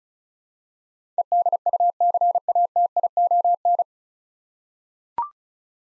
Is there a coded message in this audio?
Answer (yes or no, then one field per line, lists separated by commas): yes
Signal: Morse code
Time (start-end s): 1.2-3.8 s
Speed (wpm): 36 wpm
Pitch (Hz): 700 Hz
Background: none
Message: EDUCATION